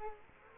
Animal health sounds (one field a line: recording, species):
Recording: mosquito wingbeat signal from an infrared sensor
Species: Culex quinquefasciatus